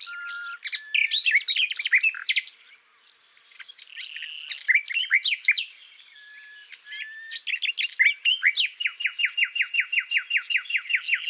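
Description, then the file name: Common nightingale singing varied phrases, then a long steady series of rapid repeated notes through the last three seconds. "Luscinia megarhynchos"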